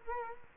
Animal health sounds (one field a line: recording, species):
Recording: mosquito wingbeat signal from an infrared sensor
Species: Culex quinquefasciatus